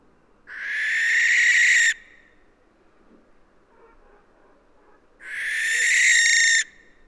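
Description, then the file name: Western barn owl screeching twice, each call a rasping, noisy hiss lasting around one and a half seconds with a pause of about three seconds between. "Western Barn Owl Tyto alba"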